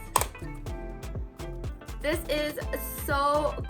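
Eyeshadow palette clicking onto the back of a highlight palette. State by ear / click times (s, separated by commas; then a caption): seated / 0.2 s. A plastic eyeshadow palette is clicked onto the back of a plastic highlight palette using small built-in click connectors, so the two join back to back and are easy to carry. A sharp click at 0.2 s shows the palettes have seated together. Music plays underneath, and someone talks afterward.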